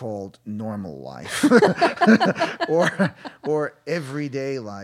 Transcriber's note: soundbite of laughter